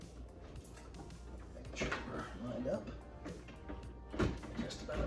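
A replacement Whirlpool/Maytag ice maker is held against the refrigerator freezer wall while its mounting holes are lined up with the posts, before it is pushed on. Someone talks over music, with light handling knocks and rustles throughout. It has not seated or clicked yet.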